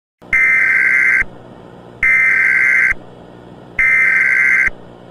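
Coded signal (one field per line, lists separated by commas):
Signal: Emergency Alert System (SAME) tones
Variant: header bursts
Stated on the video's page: Fictional analog horror scenario alert.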